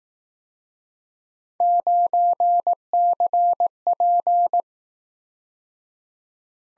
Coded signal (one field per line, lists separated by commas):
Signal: Morse code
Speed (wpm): 18 wpm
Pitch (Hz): 700 Hz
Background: none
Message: 9CP